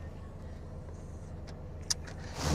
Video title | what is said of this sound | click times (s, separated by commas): #364 Nauji ratai. | užsidaryt irgi va užsifiksuoja, nes mano Volvoj, kur dirbau, tai | 1.9 s